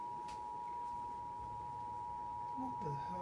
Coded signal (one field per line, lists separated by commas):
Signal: Emergency Alert System (SAME) tones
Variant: 853 and 960 Hz attention tone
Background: speech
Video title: EAS Alert #18: Severe Thunderstorm Warning for Bartholomew County in Indiana.